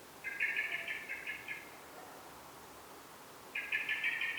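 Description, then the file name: Eurasian blackbird rattling out a stuttering chatter, then falling silent for two seconds before another burst begins. "Turdus merula"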